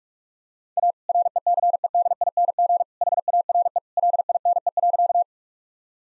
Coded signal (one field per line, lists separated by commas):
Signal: Morse code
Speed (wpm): 42 wpm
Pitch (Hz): 700 Hz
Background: none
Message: A RECEDING HARE LINE.